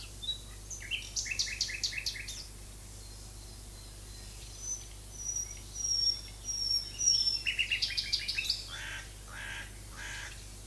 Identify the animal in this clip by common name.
Common Nightingale